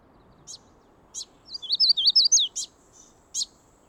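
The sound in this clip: Magnolia warbler singing a quick phrase of wavering, sweet whistled notes, with separate thin, high chips sounding before and after the phrase.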